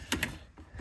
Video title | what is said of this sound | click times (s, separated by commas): Installing Chicco Key fit to a 2013 Honda CRV (2012, 2014) | to there till you hear a click | 0.1 s